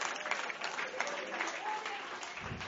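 An audience at a church service claps for the Lord after a woman is invited to accept Christ. The clapping is a dense, continuous patter of many hands that holds at an even, moderate loudness throughout, with faint murmuring voices underneath.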